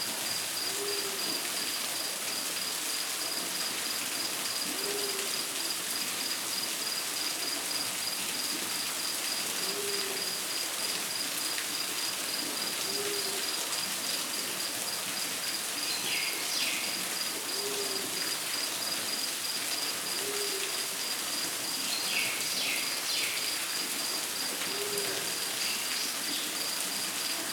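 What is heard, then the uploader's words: Deep rainforest ambience with a dense, steady hiss like rain or massed insects filling the whole clip. A high, thin insect trill runs throughout, while a low hoot-like call repeats about every two and a half seconds. Brief bird chirps appear around 16 and 22 seconds. Deep Rainforest Ambience.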